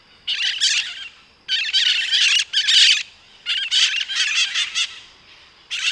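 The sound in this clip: Bird giving harsh, loud squawking calls in several bursts of grating notes, separated by short pauses.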